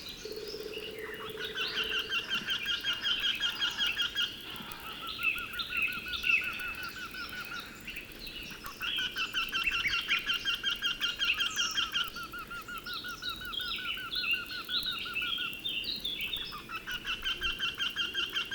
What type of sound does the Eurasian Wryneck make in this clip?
call